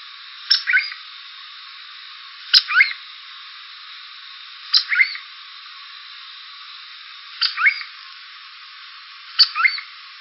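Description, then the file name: Cuckoo calls, each a sharp note followed by a short rising and falling phrase, repeated about every two seconds, five calls over a steady background hiss. "GBAN Core"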